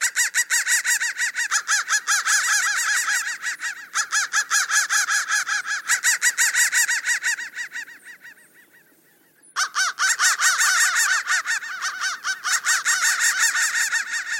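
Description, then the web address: Crows cawing noisily in a group, dense harsh calls in bursts, with a short lull near the middle before the chorus resumes. "soundfactory crow 1"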